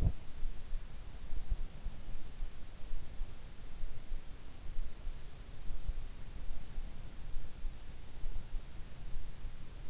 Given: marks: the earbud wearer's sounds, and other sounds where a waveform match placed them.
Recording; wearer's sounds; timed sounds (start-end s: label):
sounds in sleep by an in-ear microphone; body movement
0.00-0.16 s: body movement